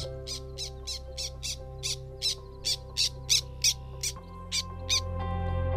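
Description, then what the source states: Black Tern giving many short, harsh calls in a steady series over a low hum. Near a creek bridge in Lithuania, seen from end of May; winter in tropical Africa; nest in Nemunas Delta drainage channels.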